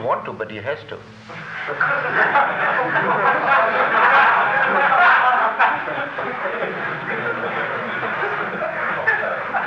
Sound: laughter